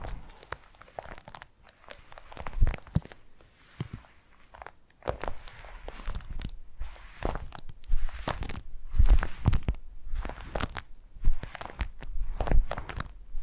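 Foam massage makes repeated squeaky, crunchy rubbing strokes in irregular bursts, with short quiet gaps and occasional low thumps throughout.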